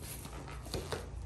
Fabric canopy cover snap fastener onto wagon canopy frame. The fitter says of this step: and it just snaps it has a little hole and it just snaps right in